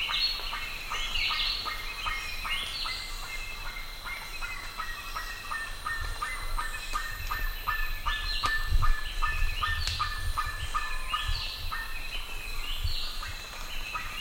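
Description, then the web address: Bird calls in a rapid, irregular run of short harmonic notes, with higher whistled notes from other birds and a low rumbling background. "BIRD 2015 SABIOD 50 bird 2015"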